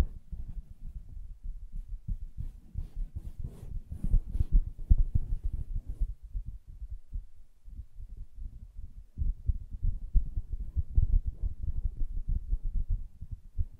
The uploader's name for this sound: Soft Fabric Surface Tapping & Scratching